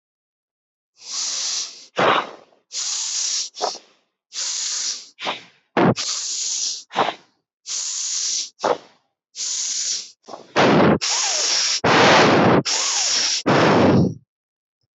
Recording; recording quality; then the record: shallow breathing; excellent, no background noise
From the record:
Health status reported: healthy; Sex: female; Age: 36 years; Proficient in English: yes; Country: India